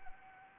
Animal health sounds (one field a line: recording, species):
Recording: mosquito wingbeat signal from an infrared sensor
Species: Anopheles arabiensis